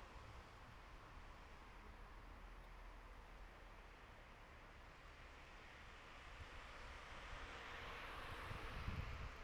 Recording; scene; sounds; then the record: everyday scene through a hearing-aid microphone; in traffic; traffic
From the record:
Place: bus stop on a city main road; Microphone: behind the ear, right, front